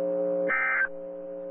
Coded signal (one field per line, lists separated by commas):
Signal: Emergency Alert System (SAME) tones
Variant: end-of-message bursts